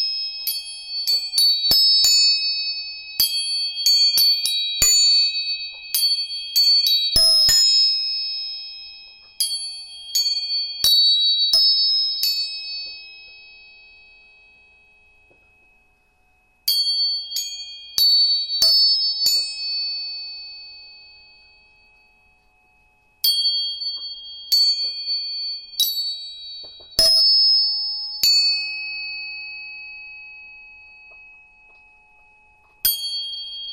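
Tuning forks are struck in bursts of sharp, bright pings, their clear high tones lingering and slowly fading between clusters of taps.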